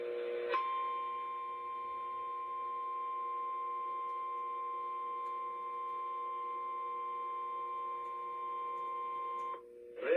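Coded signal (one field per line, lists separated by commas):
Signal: Emergency Alert System (SAME) tones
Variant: 1050 Hz attention tone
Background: speech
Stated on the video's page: Virginia statewide tornado drill received on NOAA Weather Radio 162.475 MHz and on FM 99.1.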